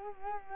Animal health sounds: mosquito wingbeat signal from an infrared sensor; Culex quinquefasciatus

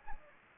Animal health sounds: mosquito wingbeat signal from an infrared sensor; Anopheles gambiae

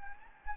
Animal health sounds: mosquito wingbeat signal from an infrared sensor; Anopheles gambiae

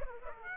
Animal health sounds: mosquito wingbeat signal from an infrared sensor; Aedes aegypti

